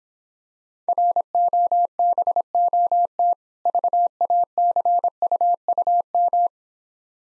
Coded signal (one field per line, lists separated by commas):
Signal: Morse code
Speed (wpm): 26 wpm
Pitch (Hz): 700 Hz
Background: none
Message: ROBOT VACUUM